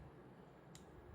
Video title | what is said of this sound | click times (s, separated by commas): 【ベイブレードバーストBU】ジフォイドエクスカリバーの攻撃力は激強!!でも問題はやはり… | It's a weak sound, and I can't get it to lock securely. | 0.8 s